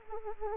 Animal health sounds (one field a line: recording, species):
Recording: mosquito wingbeat signal from an infrared sensor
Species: Anopheles arabiensis